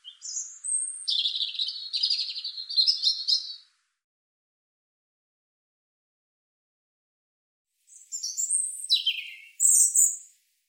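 European robin song: a long tinkling, trilled phrase of high notes, then silence, then a shorter sweet phrase with sharp descending whistles.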